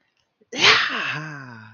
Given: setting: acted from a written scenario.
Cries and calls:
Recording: vocal sound without words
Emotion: triumph

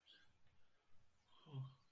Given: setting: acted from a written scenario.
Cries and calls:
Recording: vocal sound without words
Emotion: romantic love

